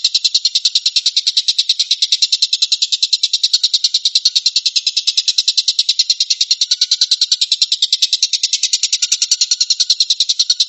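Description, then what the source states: Stork-billed kingfisher rattle: fast, even, buzzy pulses repeated without a break for the whole stretch, with no other sounds. Tembakan, a rapid "shooting" call style.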